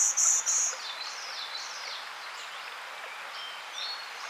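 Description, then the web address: Golden-winged warbler song: a short run of high, buzzy, evenly spaced notes lasting under a second, followed by faint high twittering over steady background hiss. "Outdoor Ed Girl Scout Golden-Winged. Warbler"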